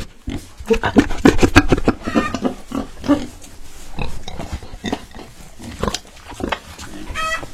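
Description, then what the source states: Domestic pigs grunting in rapid rough pulses early on, then slower scattered grunts and a short squeal at the end. Pigs in a large, systematic family-built pig farm, recorded during a visit.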